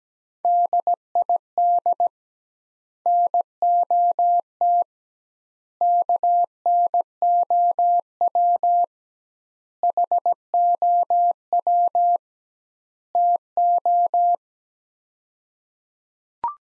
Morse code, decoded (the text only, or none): DID NOT KNOW HOW TO